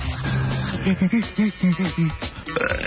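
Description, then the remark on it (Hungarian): A string of short, low, rhythmic burps chopped and repeated like DJ scratching, each a brief guttural pulse in a quick stuttering sequence over a busy mixed background. “Ez a Scratch-elő büfiző.”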